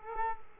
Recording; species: mosquito wingbeat signal from an infrared sensor; Culex quinquefasciatus